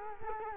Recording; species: mosquito wingbeat signal from an infrared sensor; Culex quinquefasciatus